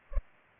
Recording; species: mosquito wingbeat signal from an infrared sensor; Culex pipiens